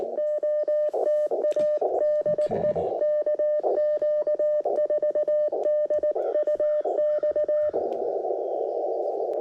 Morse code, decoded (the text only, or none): OTA DE KQ4DUX